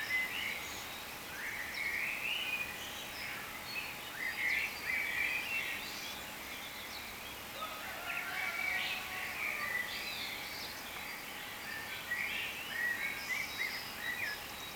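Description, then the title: Birds in a lively chorus of fast, overlapping chirps and short warbles, continuing unbroken over a low background hum. "cizici, birds"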